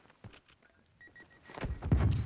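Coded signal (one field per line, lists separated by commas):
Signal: none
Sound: game sound beeps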